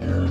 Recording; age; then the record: pig call; growing-finishing pig (85 days or more)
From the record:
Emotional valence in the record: negative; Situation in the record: barren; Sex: male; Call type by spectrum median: low-frequency call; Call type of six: low-frequency stable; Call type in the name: low-frequency stable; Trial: 2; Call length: 0.30 s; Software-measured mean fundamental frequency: 45 Hz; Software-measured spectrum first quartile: 92 Hz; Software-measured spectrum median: 179 Hz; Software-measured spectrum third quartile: 388 Hz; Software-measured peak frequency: 260 Hz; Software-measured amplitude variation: 93 dB a second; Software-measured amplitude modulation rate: 32.8 a second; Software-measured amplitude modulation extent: 2.8 dB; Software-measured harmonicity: -4.5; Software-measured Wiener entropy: -0.90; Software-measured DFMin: 881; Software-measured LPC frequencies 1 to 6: 1466, 2884, 3641, 4616, 5428, 6430 Hz